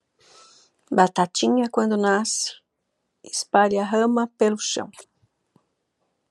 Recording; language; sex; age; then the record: short text; Brazilian Portuguese; female; 50 to 59 years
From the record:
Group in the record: control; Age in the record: 53 years